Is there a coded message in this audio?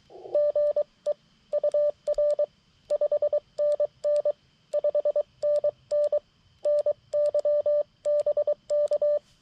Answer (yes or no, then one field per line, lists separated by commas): yes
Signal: Morse code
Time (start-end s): 0.3-9.2 s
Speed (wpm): 23 wpm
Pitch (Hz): 590 Hz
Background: none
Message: GE UR 5NN 5NN NYBK